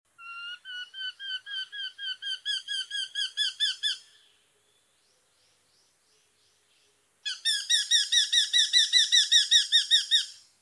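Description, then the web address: Eurasian hobby calling: a long run of clear, ringing kew notes, about four a second. A second equally steady series follows a three-second pause. "chigohayabusa"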